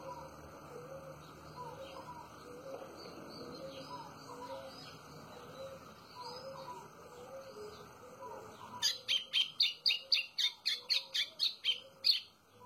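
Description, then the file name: White-throated seedeater singing near the end, a quick series of loud, bright, buzzy notes, after a long stretch of soft background whistles from other birds. "canto do golinho"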